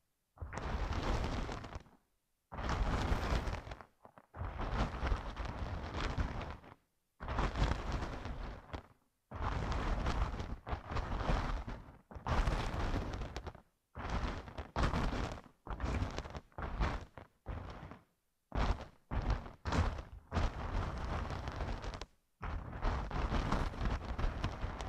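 ASMR massage triggers recorded with headphones used as a microphone: loud, rough rubbing and crackling bursts that run from a deep thump up to a bright hiss. Each lasts one to two seconds, split by short silences, about fifteen in all, coming quicker later.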